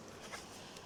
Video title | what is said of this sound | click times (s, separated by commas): Nuevo Handover Video | and again make sure you hear the nice click and you know that's them securely in place | 0.8 s